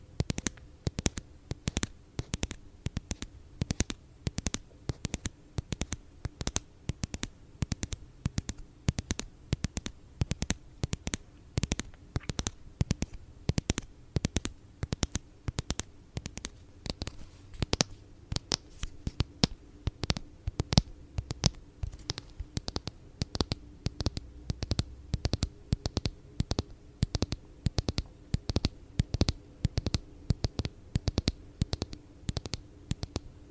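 ASMR tapping: quick, crisp taps that go on for the whole clip at a busy, uneven pace of several per second, each one sharp and bright. A faint low hum stays steady underneath the tapping.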